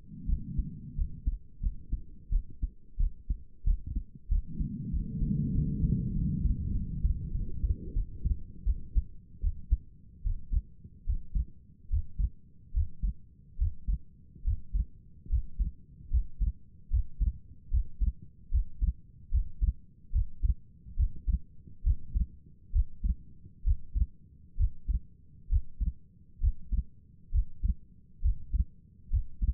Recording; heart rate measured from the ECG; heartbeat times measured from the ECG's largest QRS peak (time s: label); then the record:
heart sounds by stethoscope; 77 bpm
0.27 s: heartbeat
0.96 s: heartbeat
1.61 s: heartbeat
2.30 s: heartbeat
2.98 s: heartbeat
3.65 s: heartbeat
4.29 s: heartbeat
4.91 s: heartbeat
5.53 s: heartbeat
6.13 s: heartbeat
6.73 s: heartbeat
7.32 s: heartbeat
7.94 s: heartbeat
8.65 s: heartbeat
9.42 s: heartbeat
10.24 s: heartbeat
11.06 s: heartbeat
11.89 s: heartbeat
12.73 s: heartbeat
13.58 s: heartbeat
14.44 s: heartbeat
15.29 s: heartbeat
16.10 s: heartbeat
16.90 s: heartbeat
17.70 s: heartbeat
18.51 s: heartbeat
19.31 s: heartbeat
20.12 s: heartbeat
20.96 s: heartbeat
21.83 s: heartbeat
22.72 s: heartbeat
23.64 s: heartbeat
24.57 s: heartbeat
25.49 s: heartbeat
26.40 s: heartbeat
27.31 s: heartbeat
28.21 s: heartbeat
29.10 s: heartbeat
From the record:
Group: healthy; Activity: rest 0-6 s, breath hold 6-30 s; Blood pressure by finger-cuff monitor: 91/55 mmHg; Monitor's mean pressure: 67 mmHg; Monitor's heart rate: 74 bpm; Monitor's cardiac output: 5.8 L/min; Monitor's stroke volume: 82 mL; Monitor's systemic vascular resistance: 710 dyn s/cm5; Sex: female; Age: 22 years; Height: 163 cm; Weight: 67.1 kg